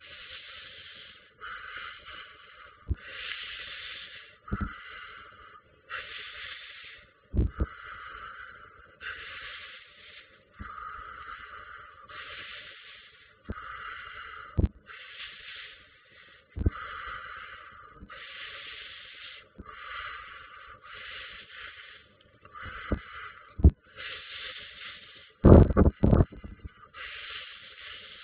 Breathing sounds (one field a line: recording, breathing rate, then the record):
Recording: paced breathing near a phone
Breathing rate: 20 breaths a minute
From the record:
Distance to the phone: 20 cm